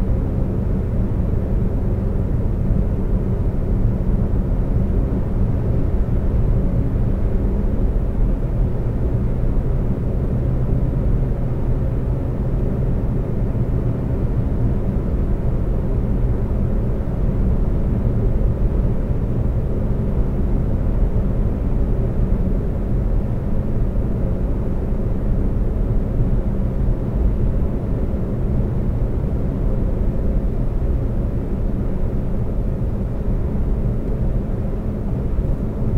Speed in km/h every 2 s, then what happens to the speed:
132, 130, 130, 129, 129, 130, 130, 132, 132, 132, 132, 132, 132, 132, 132, 132, 132, 132.
0-36 steady at about 132.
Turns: none.